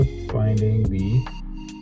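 A spring bar on the top half of a nylon strap is being worked toward the lug hole of a Seiko 5 Sports watch case. Someone talks over background music. The clip ends just before the spring bar pops in, so nothing has seated or clicked yet.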